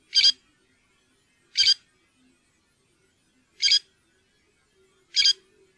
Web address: fuglelyder- varsler